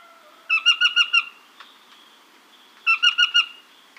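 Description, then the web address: Nariño tapaculo calling twice, each time a quick group of four or five rough nasal notes, the groups roughly two seconds apart. Recorded in Ecuador. "Birds of Ecuador Narino Tapaculo"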